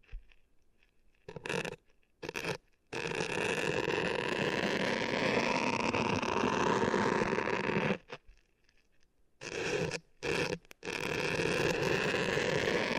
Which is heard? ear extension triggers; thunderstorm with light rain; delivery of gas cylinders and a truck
ear extension triggers